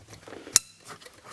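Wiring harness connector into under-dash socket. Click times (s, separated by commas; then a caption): 0.6 s. A wiring harness connector for an All Lights mod from Boost Auto Parts on a 2015-2020 Colorado/Canyon is pushed back into its socket under the dashboard, on top of the purple connector. Soft handling rustle leads up to a single sharp click at 0.6 s as the connector seats fully.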